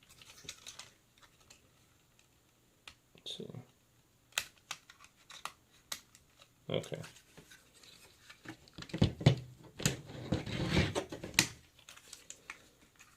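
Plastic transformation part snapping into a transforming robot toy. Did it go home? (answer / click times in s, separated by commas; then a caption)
no / none. Someone handles a Transformers Titans Return Astrotrain with Darkmoon transforming robot toy, working a finicky plastic transformation part that should snap into place. Scattered small plastic ticks, taps and scraping handling noises are heard while someone talks briefly. Nothing has seated or clicked into place yet.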